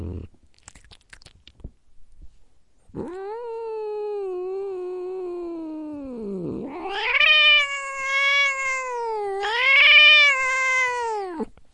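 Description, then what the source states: Domestic cat yowling: a long, drawn-out harmonic wail that slowly falls, then two louder rising-and-falling yowls follow. Growling.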